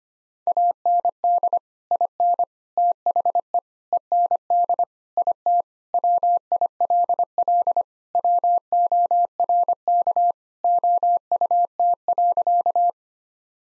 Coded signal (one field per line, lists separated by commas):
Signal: Morse code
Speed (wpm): 25 wpm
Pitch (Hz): 700 Hz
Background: none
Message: AND IN THE END IT WILL WORK OUT.